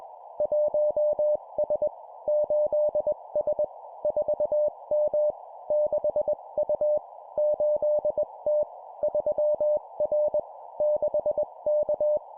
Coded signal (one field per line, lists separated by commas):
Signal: Morse code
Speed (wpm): 21 wpm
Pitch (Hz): 600 Hz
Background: none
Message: 1S 8S 4M 6U 8T 3R 6K